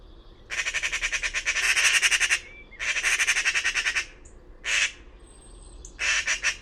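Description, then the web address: Bird giving harsh, rapidly pulsed chattering calls in two long bursts and two short ones, each a fast string of buzzy notes, with quiet gaps between. "cianscape birddata Deverinetal 2025"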